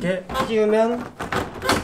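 A one-piece Carrier window air conditioner is being handled into its window-frame mounting bracket while someone talks. Two brief knocks are heard near 1.3 and 1.7 seconds, but the unit has not latched into the bracket yet; nothing has seated or clicked.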